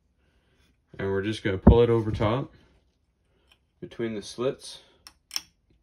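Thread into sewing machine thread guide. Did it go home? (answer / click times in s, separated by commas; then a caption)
yes / 5.1 s, 5.4 s. Thread is pulled over the top of the thread post and between the slits of a Singer 5528 sewing machine's thread guide while someone talks. Short clicks at 5.1 s and 5.4 s mark the thread catching and clicking into place in the guide slit.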